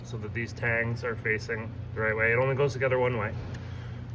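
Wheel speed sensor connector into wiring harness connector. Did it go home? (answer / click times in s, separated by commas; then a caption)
no / none. The new rear right wheel speed sensor's plastic connector on a 2012 Chevy Traverse (code C0045) is lined up with the wiring harness connector so the tangs face the right way, while someone talks over a steady low hum. The connector has not seated and no click has been heard yet.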